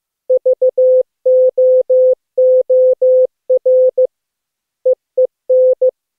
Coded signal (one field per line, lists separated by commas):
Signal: Morse code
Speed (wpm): 15 wpm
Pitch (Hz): 510 Hz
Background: none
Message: VOOR EEN